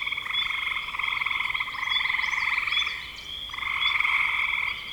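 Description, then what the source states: Chorus of frogs with long buzzy trills overlapping almost continuously, dipping briefly near the middle, with a thin steady whine in the background. Spring frogs recorded in 2025.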